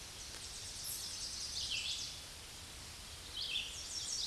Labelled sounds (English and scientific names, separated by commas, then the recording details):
Red-eyed Vireo (Vireo olivaceus) song
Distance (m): 30 m
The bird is about 20 m above the microphone
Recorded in a Pennsylvania forest on 16 May 2024 at 08:17
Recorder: AudioMoth, point MSD-2095
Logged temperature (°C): 16.3 °C
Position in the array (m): 166 m, 69 m